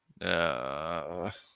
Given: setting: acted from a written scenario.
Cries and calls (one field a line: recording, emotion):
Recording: vocal sound without words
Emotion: disappointment